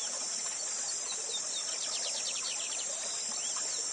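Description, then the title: Lined seedeater singing a quick series of high, thin whistled notes, partly masked by a loud, steady hiss of rushing water. Bigodinho called Gavião Negro, used as a song-teacher bird (professor de canto), singing live beside a waterfall. "Novo Canto de Bigodinho. Bigode Gavião negro professor de canto cantando ao vivo com cascata!"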